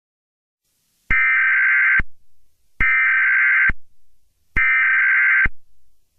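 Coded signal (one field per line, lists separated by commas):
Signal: Emergency Alert System (SAME) tones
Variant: header bursts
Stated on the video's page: Fictional Fourth of July EAS scenario.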